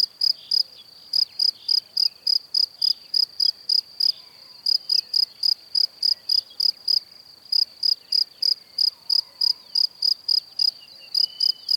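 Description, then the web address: Cricket song in bursts of fast high chirps separated by short pauses. "Kurs PTTK Przyroda Ptaki Świerszcze"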